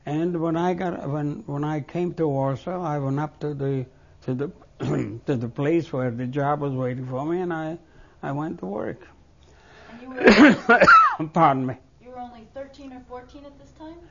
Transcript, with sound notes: And when I got, when I came to Warsaw I went up to the, to the, to the place where the job was waiting for me, and I went to work. (He coughs.) Pardon me.
You were only thirteen or fourteen at this time?